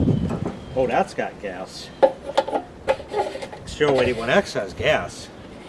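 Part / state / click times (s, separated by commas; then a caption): fuel cap on snowblower gas tank (part uncertain) / not seated / none. Someone talks while handling what is probably the fuel cap on a snowblower's gas tank, after checking that the snowblower still has gas. Short sharp knocks are heard at about 2.4, 2.9 and 3.5 seconds between the speech. Nothing has seated or clicked yet.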